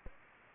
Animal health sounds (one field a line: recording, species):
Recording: mosquito wingbeat signal from an infrared sensor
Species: Aedes aegypti